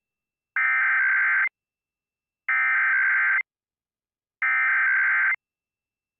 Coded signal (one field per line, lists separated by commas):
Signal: Emergency Alert System (SAME) tones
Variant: header bursts